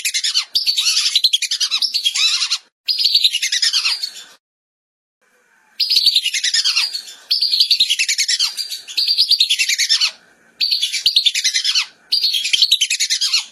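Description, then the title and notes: Whistling duck calls: fast strings of high, slightly descending whistled notes in repeated bursts, with one longer quiet break midway. "Kicau Burung Belibis"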